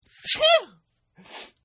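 A single acted adult sneeze sound effect: a quick breathy intake, then a loud voiced burst that falls in pitch, followed by a brief hissing exhale. Ordinary sneeze sound with no sign of illness.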